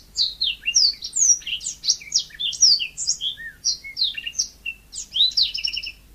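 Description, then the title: Nonstop magpie-robin song, bright whistles and slurred notes swooping up and down, mixed with quick chirps and a short trill near the end. "Kicau Kacer"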